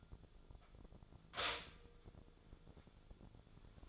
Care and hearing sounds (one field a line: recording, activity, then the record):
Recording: daily activity, microphone in the room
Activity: stop toaster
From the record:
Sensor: 5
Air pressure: 1000.3 hPa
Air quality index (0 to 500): 126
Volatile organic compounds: 2 ppm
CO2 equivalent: 997 ppm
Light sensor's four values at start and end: 83/195/83/90 and 83/195/83/90